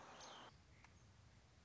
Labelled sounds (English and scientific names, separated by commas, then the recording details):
Song Sparrow (Melospiza melodia)
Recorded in Sonoma County, California